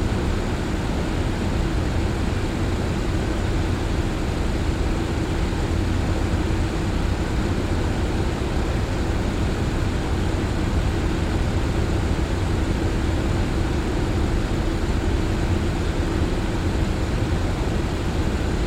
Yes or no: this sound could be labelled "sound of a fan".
yes